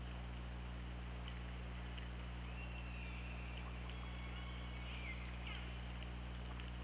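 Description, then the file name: Killer whale call: a long, thin tonal squeal, with scattered clicks over a constant low underwater hum. Recorded on the OrcaLab hydrophone, 24 August 2017 at 21:08. "Orca Lab UTLN JASON 20170824 210819"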